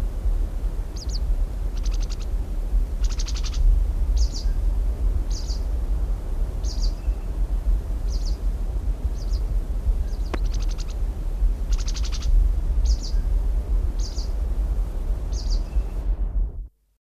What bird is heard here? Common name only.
Mountain Parakeet